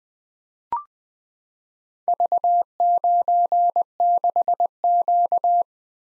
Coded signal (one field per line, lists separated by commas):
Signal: Morse code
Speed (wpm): 20 wpm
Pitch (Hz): 700 Hz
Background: none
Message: V96Q